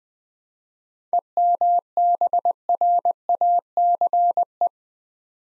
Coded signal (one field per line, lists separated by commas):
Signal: Morse code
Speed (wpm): 20 wpm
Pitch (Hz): 700 Hz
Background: none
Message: EMBRACE